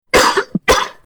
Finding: Coughing.